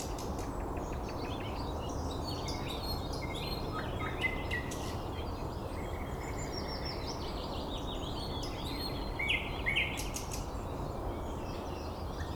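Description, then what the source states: Birds singing, with chirps, short trills and a few louder whistled notes over a continuous low background hum. Recorded 9 May 2014 at 06:39.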